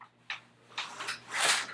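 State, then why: Seated. A Joovy TooFold stroller frame is folded again after its wheels are moved out of the way, and its plastic and metal fold lock clicks into the standing-fold position at 0.3 s. Further rattling and scraping sounds from the frame follow, and the lock is seated.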